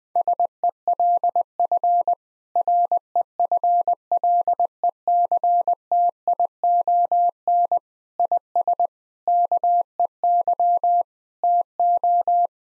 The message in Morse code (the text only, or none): SELF REFLECTION IS KEY TO